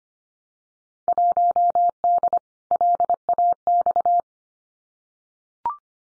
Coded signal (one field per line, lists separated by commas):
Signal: Morse code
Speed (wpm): 25 wpm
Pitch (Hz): 700 Hz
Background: none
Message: 1D LAX